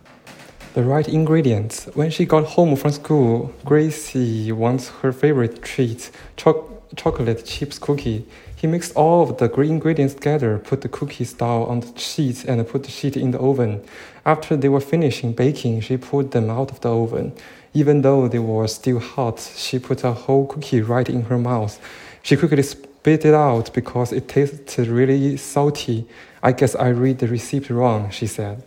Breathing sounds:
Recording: reading aloud after running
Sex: male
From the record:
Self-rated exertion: light exertion (2 of 6)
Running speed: 7 miles an hour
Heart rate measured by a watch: 88 beats a minute at the start, 95 at the end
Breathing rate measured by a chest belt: 15 breaths a minute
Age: 24 years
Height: 185 cm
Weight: 79 kg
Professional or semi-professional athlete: no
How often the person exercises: 1 to 2 times a week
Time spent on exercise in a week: 2 to 3 hours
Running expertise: no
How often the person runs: 1 to 2 times a week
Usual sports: running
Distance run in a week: 20 km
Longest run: 10 km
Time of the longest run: 50 minutes

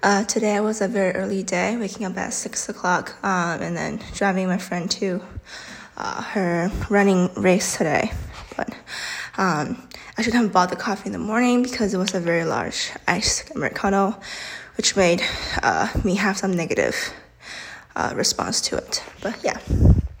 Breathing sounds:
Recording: free speech after running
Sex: female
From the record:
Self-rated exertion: moderate exertion (3 of 6)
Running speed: 5 miles an hour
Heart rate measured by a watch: 138 beats a minute at the start, 132 at the end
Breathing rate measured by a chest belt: 15 breaths a minute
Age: 18 years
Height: 171 cm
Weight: 75 kg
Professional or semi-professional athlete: no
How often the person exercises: 1 to 2 times a week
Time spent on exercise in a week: under 1 hour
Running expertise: no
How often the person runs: 1 to 2 times a week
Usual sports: running, fencing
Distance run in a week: 3 km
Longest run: 21.3 km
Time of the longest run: 190 minutes

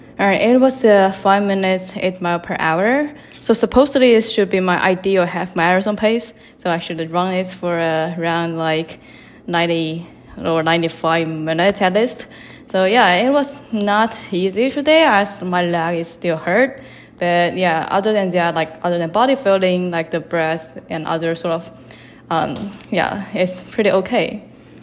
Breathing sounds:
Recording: free speech after running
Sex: female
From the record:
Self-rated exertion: moderate exertion (3 of 6)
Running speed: 8 miles an hour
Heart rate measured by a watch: 107 beats a minute at the start, 108 at the end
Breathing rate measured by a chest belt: 20 breaths a minute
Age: 28 years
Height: 155 cm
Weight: 44 kg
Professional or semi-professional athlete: no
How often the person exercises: 3 to 5 times a week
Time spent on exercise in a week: over 5 hours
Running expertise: yes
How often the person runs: 3 to 5 times a week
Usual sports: running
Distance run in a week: 45 km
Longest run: 32 km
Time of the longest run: 200 minutes

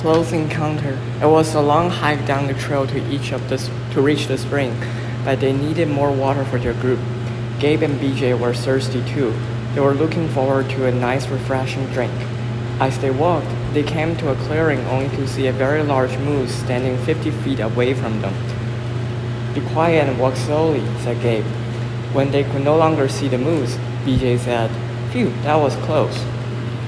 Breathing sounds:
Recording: reading aloud after running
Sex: male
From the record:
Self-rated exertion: moderate exertion (3 of 6)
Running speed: 8 miles an hour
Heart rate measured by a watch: 120 beats a minute at the start, 111 at the end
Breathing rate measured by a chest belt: 17 breaths a minute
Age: 24 years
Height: 175 cm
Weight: 56 kg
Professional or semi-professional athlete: no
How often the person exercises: over 5 times a week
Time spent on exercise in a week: over 5 hours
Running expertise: yes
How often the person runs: over 5 times a week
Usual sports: running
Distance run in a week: 60 km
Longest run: 43 km

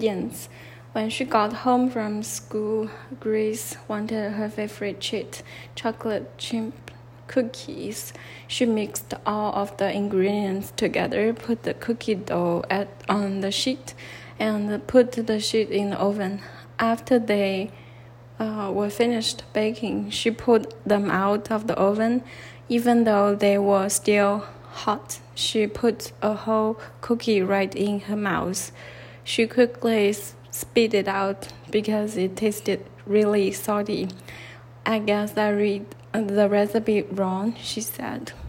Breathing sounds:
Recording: reading aloud after running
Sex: female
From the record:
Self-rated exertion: light exertion (2 of 6)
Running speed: 5 miles an hour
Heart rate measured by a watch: 94 beats a minute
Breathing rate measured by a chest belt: 16 breaths a minute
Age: 30 years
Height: 160 cm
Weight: 51 kg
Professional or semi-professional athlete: no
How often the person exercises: 3 to 5 times a week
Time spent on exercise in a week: over 5 hours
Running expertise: no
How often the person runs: 3 to 5 times a week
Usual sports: running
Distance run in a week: 60 km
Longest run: 42 km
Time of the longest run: 267 minutes

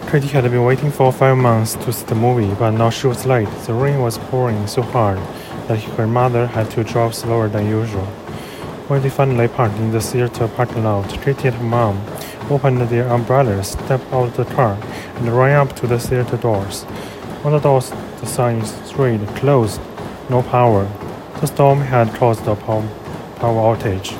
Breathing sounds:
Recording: reading aloud after running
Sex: male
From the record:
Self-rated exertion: very light exertion (1 of 6)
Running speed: 6 miles an hour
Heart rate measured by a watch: 124 beats a minute at the start, 126 at the end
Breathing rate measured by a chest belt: 17 breaths a minute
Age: 33 years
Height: 178 cm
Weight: 73 kg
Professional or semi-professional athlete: no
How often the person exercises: 1 to 2 times a week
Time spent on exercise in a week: under 1 hour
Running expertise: no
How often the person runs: under once a week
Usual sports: tennis

